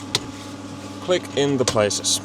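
After the old clips are removed, a plastic retaining clip is pushed into a dash mounting bracket in a Yaris while a Pioneer unit is being installed, over a steady low hum. A single sharp snap is heard at 0.2 s as the clip seats, and then someone talks.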